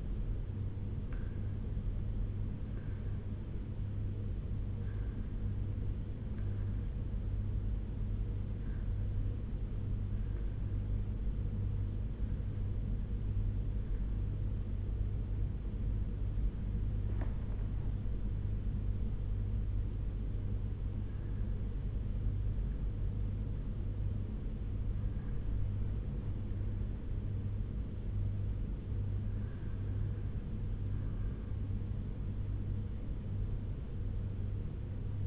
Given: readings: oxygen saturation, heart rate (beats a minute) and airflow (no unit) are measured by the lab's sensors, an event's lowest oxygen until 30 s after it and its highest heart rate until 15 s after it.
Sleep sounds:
breathing in sleep by a smartphone at the bedside; none
none scored
From the record:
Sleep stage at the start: N1 (lightest sleep); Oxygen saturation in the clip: 80 to 98%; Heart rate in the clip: 85 to 93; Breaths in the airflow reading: 8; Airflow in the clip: -6.0 to 5.3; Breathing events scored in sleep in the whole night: 201 in 6.5 hours asleep

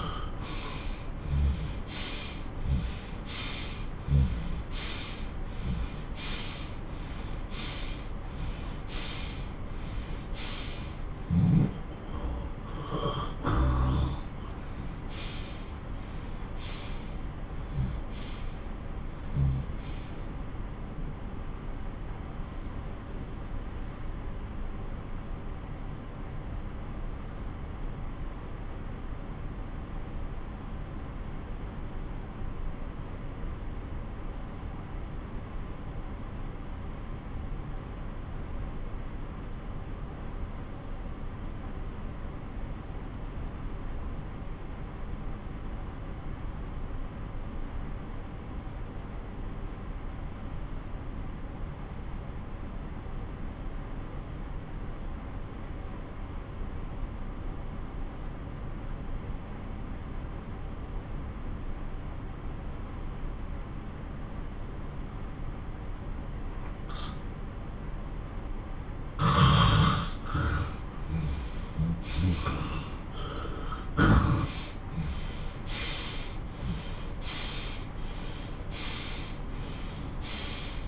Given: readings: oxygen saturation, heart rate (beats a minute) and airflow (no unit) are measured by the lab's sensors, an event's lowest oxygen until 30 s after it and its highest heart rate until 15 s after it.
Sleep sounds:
breathing in sleep by a smartphone at the bedside; 1
19.00-69.10 s: obstructive apnea (N1, oxygen 97% highest, then 90% lowest)
40.00-70.00 s: new sleep stage, N2 (light sleep)
70.00-80.88 s: new sleep stage, N1 (lightest sleep)
From the record:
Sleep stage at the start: N1 (lightest sleep); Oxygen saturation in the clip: 85 to 97%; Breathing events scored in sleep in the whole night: 217 in 6.3 hours asleep

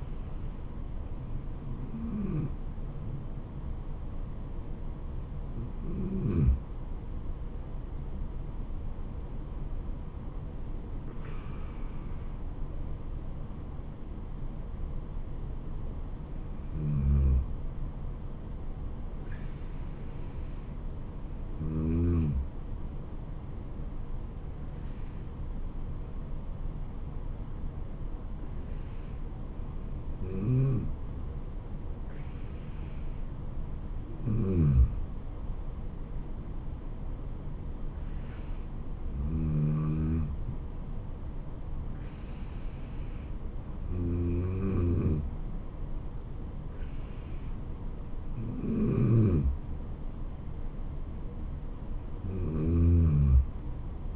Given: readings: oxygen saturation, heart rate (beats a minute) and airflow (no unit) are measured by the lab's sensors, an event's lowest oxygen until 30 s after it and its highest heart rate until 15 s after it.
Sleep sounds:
breathing in sleep by a smartphone at the bedside; none
none scored
From the record:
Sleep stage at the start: N1 (lightest sleep); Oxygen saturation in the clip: 93 to 94%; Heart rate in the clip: 71 to 78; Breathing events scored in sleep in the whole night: 426 in 7.4 hours asleep

